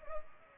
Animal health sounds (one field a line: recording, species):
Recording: mosquito wingbeat signal from an infrared sensor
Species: Culex pipiens